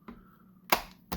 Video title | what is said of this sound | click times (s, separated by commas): Kriss vector 45acp pistol | and it clicks back in but yes | 0.7 s